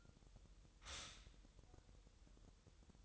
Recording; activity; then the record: daily activity, microphone in the room; stop toaster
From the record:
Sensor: 3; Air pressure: 988.6 hPa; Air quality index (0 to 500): 195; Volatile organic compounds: 299 ppm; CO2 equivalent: 4479 ppm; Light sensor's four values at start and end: 23/72/30/26 and 23/72/30/26